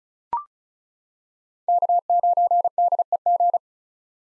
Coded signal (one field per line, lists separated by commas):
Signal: Morse code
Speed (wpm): 34 wpm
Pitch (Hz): 700 Hz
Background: none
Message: K9DEG